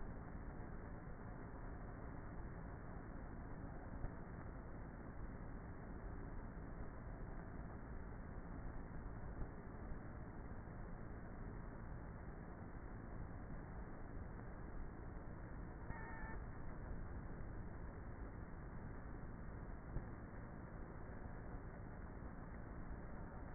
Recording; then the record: honeybee colony, microphone inside the hive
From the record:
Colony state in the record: queenless with a low population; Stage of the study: before two queens were removed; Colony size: about 30,000 bees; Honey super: no